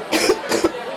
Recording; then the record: coughing mixed with background sound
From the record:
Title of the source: 61 morning phlegmy cough...again